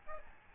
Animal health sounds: mosquito wingbeat signal from an infrared sensor; Aedes albopictus

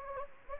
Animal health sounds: mosquito wingbeat signal from an infrared sensor; Anopheles gambiae

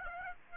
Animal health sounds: mosquito wingbeat signal from an infrared sensor; Aedes aegypti

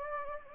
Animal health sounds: mosquito wingbeat signal from an infrared sensor; Anopheles gambiae

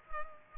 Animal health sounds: mosquito wingbeat signal from an infrared sensor; Culex pipiens

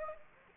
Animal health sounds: mosquito wingbeat signal from an infrared sensor; Anopheles gambiae

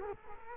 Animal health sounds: mosquito wingbeat signal from an infrared sensor; Culex quinquefasciatus

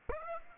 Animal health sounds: mosquito wingbeat signal from an infrared sensor; Aedes aegypti

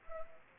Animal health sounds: mosquito wingbeat signal from an infrared sensor; Anopheles arabiensis

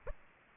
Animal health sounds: mosquito wingbeat signal from an infrared sensor; Aedes aegypti

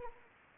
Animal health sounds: mosquito wingbeat signal from an infrared sensor; Anopheles arabiensis

